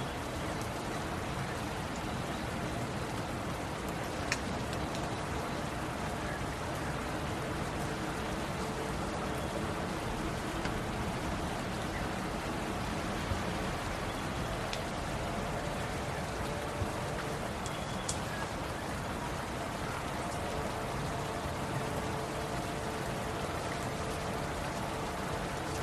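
Rain falls steadily and evenly for the whole stretch, a dense, unbroken hiss with a soft low rumble underneath. The level barely shifts, and only a few brief, bright ticks of individual drops stand out, around four, fifteen and eighteen seconds.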